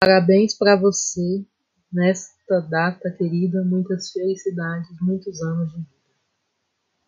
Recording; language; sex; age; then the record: short text; Brazilian Portuguese; female; 30 to 39 years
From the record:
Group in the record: control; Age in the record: 34 years